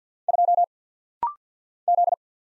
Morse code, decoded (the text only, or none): 2 Z